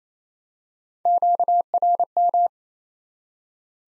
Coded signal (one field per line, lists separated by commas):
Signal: Morse code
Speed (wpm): 27 wpm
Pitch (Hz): 700 Hz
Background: none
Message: QRM